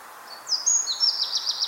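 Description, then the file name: Eurasian wren producing a brief high burst of thin whistled sweeps that run into fast repeated trill notes, with a soft hiss behind. "Troglodytes troglodytes"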